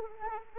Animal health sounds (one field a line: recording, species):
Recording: mosquito wingbeat signal from an infrared sensor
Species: Anopheles arabiensis